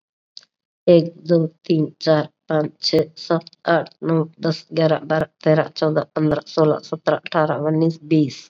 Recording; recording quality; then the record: counting at a fast pace; excellent, no background noise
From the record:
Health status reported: COVID-19 positive, mild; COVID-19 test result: positive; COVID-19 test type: RT-PCR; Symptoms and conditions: cough, fever, fatigue, muscle pain, diabetes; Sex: female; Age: 58 years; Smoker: no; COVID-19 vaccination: both doses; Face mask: worn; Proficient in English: yes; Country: India